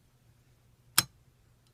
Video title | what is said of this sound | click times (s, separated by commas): How to Fully Disassemble a Glock Slide and Striker | just like that when you hear it snap out you feel it that's it | 1.0 s